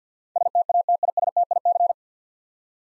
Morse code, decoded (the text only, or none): STATISTIC